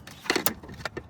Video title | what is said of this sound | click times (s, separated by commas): Fixing the Power Steering. E46 Power Steering DIY Repair | You heard the snap? Snap, crackle, pop. That's all you need to know is once that snap happens, you're good. | 0.3 s, 0.5 s